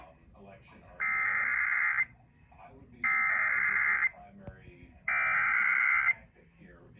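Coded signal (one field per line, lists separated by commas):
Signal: Emergency Alert System (SAME) tones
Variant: header bursts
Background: speech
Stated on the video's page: Severe Thunderstorm Warning aired on an FM station at 96.3 MHz, Fort Worth, Texas.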